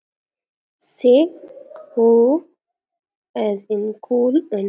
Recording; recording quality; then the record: sustained vowel as in boot; poor, much background noise or distortion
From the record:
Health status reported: exposed to COVID-19, no respiratory illness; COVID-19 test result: negative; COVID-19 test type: RT-PCR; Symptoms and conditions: cough, cold, sore throat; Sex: female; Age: 32 years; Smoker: no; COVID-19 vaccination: both doses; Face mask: worn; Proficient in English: yes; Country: India